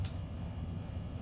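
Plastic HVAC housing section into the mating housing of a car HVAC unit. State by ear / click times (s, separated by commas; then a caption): seated / 0.0 s. A plastic HVAC housing section is pushed down into the mating housing of an NSX car HVAC unit during reassembly, with a steady low hum underneath. A single short, sharp snap sounds at 0.1 s as the piece snaps into place and seats, followed by no further reaction.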